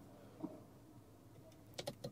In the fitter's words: And then you have for sunglasses the storage on top, also with a nice clicking sound.